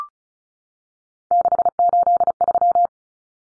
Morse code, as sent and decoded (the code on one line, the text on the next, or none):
-.... ---.. ...--
683